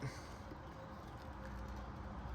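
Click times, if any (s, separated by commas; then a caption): none. A lighting adapter harness connector for a Fisker Ocean One is lined up over the mating vehicle connector before it is pressed home. Only a steady low background hum and faint handling noise are heard, with no speech in this stretch. The connector has not seated or clicked yet.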